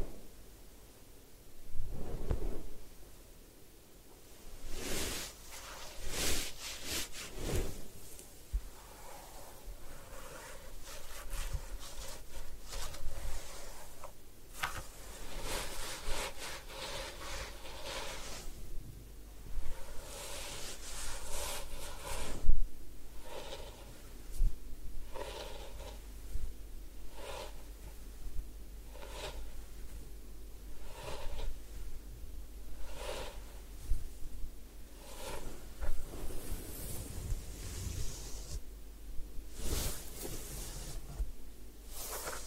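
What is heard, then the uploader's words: Ear cleaning sounds during a head spa session: a steady run of short scratchy rustles and brushing strokes, repeating every second or two with brief pauses. A soft low hum sits underneath throughout, with occasional louder crackling bursts near the start and end. Head Spa Hair Wash, Massage, Ear Cleaning (No Talking).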